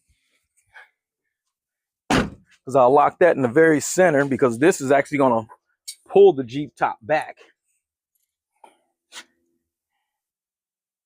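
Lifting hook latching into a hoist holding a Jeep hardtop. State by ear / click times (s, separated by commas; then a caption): seated / 8.6 s. While one person removes a Jeep Wrangler hardtop alone, a lifting hook is hooked onto the top and latches into the hoist holding it. Someone talks from about 2 to 7.5 seconds, then a short, sharp click at 8.6 seconds marks the hook seating in place in the hoist.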